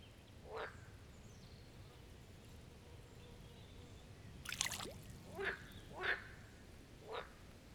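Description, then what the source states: Marsh frog croaks, short harsh bursts in an irregular series, with a brief splash or water sound just before the last few calls. Chorus of marsh frogs at the Birkensee, Schönbuch, Germany, on one of the first proper hot summer days of 2023.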